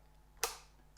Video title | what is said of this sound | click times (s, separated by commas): JCV Camera Operation Demo | going to go into input one so line those up until you hear it click that's | 0.4 s